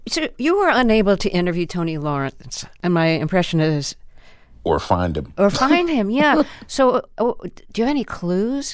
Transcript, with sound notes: So you were unable to interview Tony Lawrence. And my impression is...
Or find him (laughter)
Or find him, yeah. So do you have any clues?